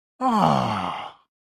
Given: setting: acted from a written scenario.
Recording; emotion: vocal sound without words; elation